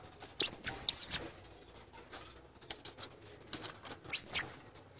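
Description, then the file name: Violaceous euphonia calls: three loud, high, whistled notes, two close together at the start and one after a quiet pause of about three seconds. "canto do gaturamo verdadeiro"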